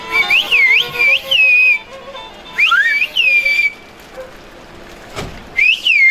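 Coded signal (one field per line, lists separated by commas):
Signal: whistled language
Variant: Turkish kuş dili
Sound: loud piercing whistles sweeping up and down in three phrases, speech-like rhythm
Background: faint string music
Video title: Yaşayan İnsan Hazinesine köyünde kuş dili ve kemençe eşliğinde karşılama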